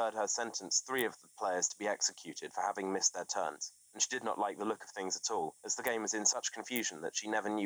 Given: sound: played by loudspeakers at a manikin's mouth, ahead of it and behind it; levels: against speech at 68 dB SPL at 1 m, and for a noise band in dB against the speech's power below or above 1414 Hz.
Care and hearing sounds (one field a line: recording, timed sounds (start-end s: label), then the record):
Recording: test signals for a remote microphone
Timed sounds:
0.00-7.66 s: man speaking
From the record:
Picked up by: remote microphone B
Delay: 24 ms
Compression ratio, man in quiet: 2.01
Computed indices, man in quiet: SII 0.993, HASPI 0.999, HASQI 0.298 (non-linear 0.353, linear 0.843), ESTOI 0.753